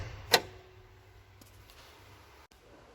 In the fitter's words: l'ouverture du capot vous avez ce petit clic et que vous tirez sur la gauche pour pouvoir l'ouvrir ensuite